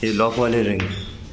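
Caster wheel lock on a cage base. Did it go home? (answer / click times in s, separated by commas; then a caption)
no / none. A man talks while handling the lock ring on a caster wheel under a metal bird cage, a 4x2x2 flying cage for lovebirds. Only speech is heard, and nothing has seated or clicked yet; the wheel lock has not engaged.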